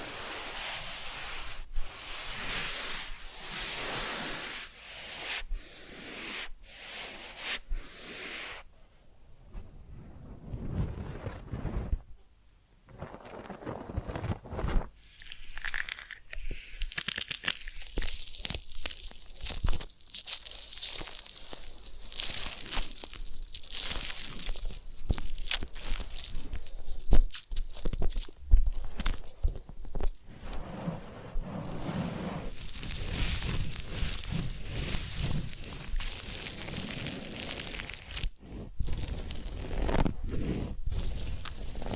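Massage and ear cleaning sounds: crisp rubbing and crinkling handled in short, separate strokes for the first ten seconds, with near-silent pauses around ten to fifteen seconds. After that the scratchy, bright rubbing grows denser and more continuous, with occasional sharper taps.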